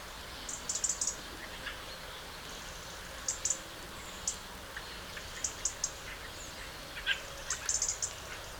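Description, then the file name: European robin giving short, very high ticking calls, singly and in quick clusters, with faint lower bird notes in between and steady background hiss. "Erithacus rubecula"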